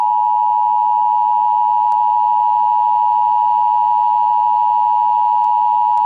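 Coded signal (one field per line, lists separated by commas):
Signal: Emergency Alert System (SAME) tones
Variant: 853 and 960 Hz attention tone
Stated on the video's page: Fictional EAS scenario alert, made by the creator.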